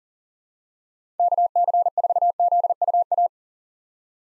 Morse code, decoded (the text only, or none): KC4ZUA